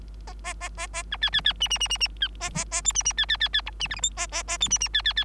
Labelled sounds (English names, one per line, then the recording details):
Bengalese Finch song
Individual Bird3